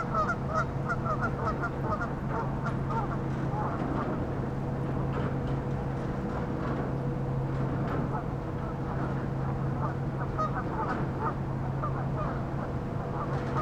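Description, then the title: Goose: flock of geese giving continuous overlapping honks throughout, over a steady low droning hum. "neoscenes: geese"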